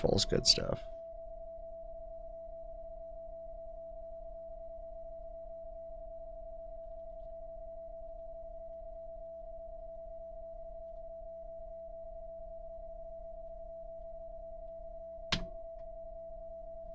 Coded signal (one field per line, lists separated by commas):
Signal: PSK31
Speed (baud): 31.25 baud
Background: speech